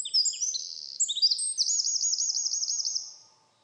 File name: Troglodytes troglodytes